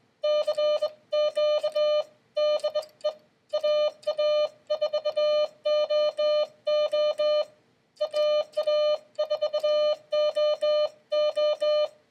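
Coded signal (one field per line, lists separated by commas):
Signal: Morse code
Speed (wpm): 22 wpm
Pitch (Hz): 600 Hz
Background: none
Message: CQ DE AA4OO AA4OO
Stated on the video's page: CW sending practice by a learner nine months into learning Morse, using a phone app.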